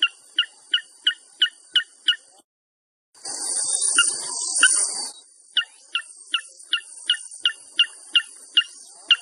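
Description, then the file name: Inaccessible Island rail giving a rapid series of high chirps, interrupted by a brief silence and a burst of noise, then resuming over a constant high hiss. "Canto do franga dagua da inacessivel"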